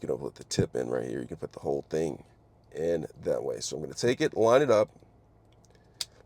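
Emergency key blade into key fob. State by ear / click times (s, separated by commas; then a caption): seated / 6.0 s. Someone talks while lining up the metal emergency key blade of a Ford Bronco key fob with its slot, then pushes it back into the plastic key fob housing. After a few faint ticks, a loud, sharp click at 6.0 s marks the blade snapping into place, fully seated.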